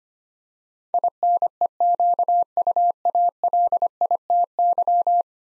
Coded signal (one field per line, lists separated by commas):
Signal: Morse code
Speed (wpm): 25 wpm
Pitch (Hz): 700 Hz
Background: none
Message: INEQUALITY